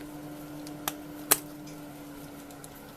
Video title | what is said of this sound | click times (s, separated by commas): Simson S51 Getriebe klappert. Montage Hohlwelle, Spiel einstellen und ausgleichen. | haben wir eingerastet | 1.3 s